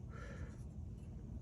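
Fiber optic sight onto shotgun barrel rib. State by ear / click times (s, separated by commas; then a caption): not seated / none. A fiber optic sight is slid and lined up along the barrel rib of a Remington 870 shotgun, weighing how far to push it, over a steady low rumble with no distinct hits. The sight has not yet snapped or seated onto the rib.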